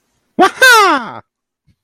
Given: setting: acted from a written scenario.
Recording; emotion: vocal sound without words; pride